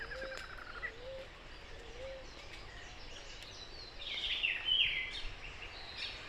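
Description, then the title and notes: Rufous-browed Peppershrike phrase, a warbled burst late, over background hiss. Recorded at 6:00 a.m. on 28 March 2026 in Barichara, Santander, Colombia; Zoom H5 recorder with Crake Sound microphone. "28 de marzo del año 2026, en Barichara, Santander, Colombia. 6:00 a.m. en primer plano un Cyclarhis gujanensis o Vireón cejirrufo, un grupo de Ortalis columbianas o Guacharacas y varios Machetornis rixosa o Sirirís bueyeros"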